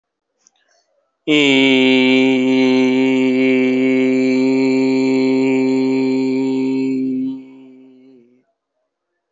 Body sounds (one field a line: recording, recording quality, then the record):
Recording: sustained vowel as in beet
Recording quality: excellent, no background noise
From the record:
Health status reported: healthy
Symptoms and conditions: hypertension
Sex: male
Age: 50 years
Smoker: not ticked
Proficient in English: yes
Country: India